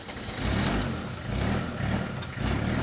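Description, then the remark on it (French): A truck engine starts up and settles into a deep, steady rumble, its low drone swelling in a few revving surges over about three seconds, with no voices. “Le camion démarre.”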